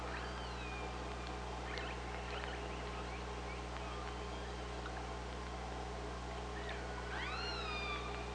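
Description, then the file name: Killer whale calls under water: faint whistled tones early, then clearer rising and falling harmonic calls near the end over steady low hum and hiss. Recorded on a hydrophone by OrcaLab, 24 August 2017 at 05:27. "Orca Lab UTLN JASON 20170824 052721"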